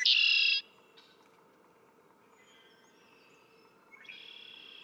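Red-winged blackbird song opening with a loud buzzy trill, then a quiet gap and a second, softer trill a few seconds later.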